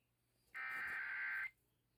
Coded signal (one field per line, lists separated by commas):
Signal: Emergency Alert System (SAME) tones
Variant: header bursts